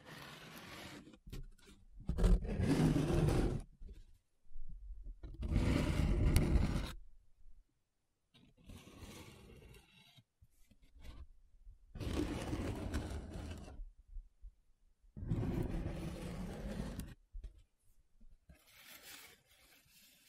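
Paper being rubbed and scratched in a series of strokes, each lasting one to two seconds, with short quiet gaps between them. The strokes come roughly every three seconds, rough and full-bodied, some louder and heavier than others, with fainter scratching in between.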